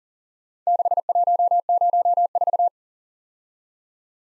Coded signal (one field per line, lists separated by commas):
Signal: Morse code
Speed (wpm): 38 wpm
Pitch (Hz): 700 Hz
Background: none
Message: 6104